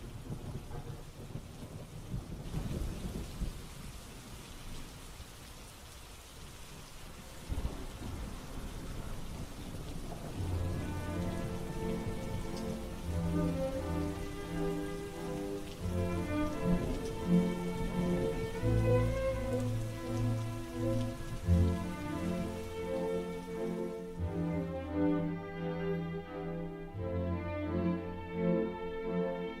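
A steady roar of heavy rain with low rumbles of thunder, joined after several seconds by a slow, tonal music bed that grows over the downpour before the rain thins out near the end.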